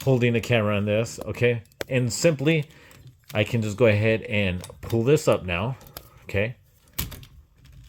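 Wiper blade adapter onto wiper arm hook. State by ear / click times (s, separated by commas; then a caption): seated / 7.0 s. Someone talks while pulling a passenger-side wiper blade's adapter up onto the hook of the wiper arm. A sharp click at 7.0 s marks the blade snapping into its locked position on the arm, followed by a few faint ticks.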